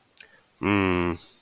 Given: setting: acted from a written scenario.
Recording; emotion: vocal sound without words; guilt